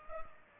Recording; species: mosquito wingbeat signal from an infrared sensor; Culex pipiens